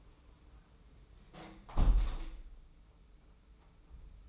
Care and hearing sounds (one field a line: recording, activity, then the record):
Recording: daily activity, microphone in the room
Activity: close window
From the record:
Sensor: 1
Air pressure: 991.3 hPa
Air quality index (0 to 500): 104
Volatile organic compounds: 77 ppm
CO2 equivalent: 3579 ppm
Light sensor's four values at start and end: 37/117/46/48 and 37/116/46/47